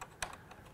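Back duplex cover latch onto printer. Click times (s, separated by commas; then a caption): 0.2 s. On a SureLab D1070 duplex feeder, the edge of the back duplex cover's latch is pressed onto the printer so it locks into place slightly before being screwed down. A sharp click at 0.2 s marks the latch locking, surrounded by faint small ticks near 0.0, 0.3 and 0.5 s. The latch is seated on the printer.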